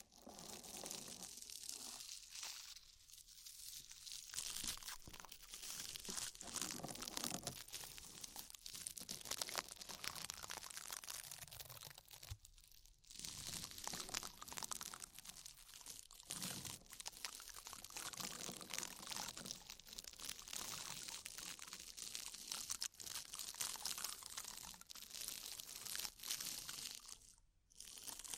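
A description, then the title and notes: Crackling foam and slick oil rubbing in an ear massage, a dense, bright fizz of crinkles and crunches that runs almost without pause. Brief quiet gaps fall near 3, 13, 16 and 27 seconds before the rubbing resumes at a steady level. ASMR Oil, Foam and Tingly Ear Massage for Stress Relief (No Talking).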